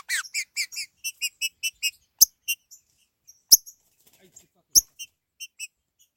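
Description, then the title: Green-winged saltator singing a quick run of even, ringing notes, then scattered single notes among loud sharp clicks. "Trinca Ferro"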